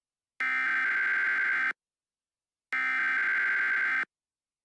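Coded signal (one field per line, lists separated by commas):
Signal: Emergency Alert System (SAME) tones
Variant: header bursts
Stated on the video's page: Fictional EAS scenario; the tones are part of a simulated Halloween alert, not a real broadcast.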